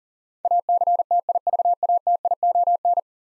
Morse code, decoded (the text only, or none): ACTIVATION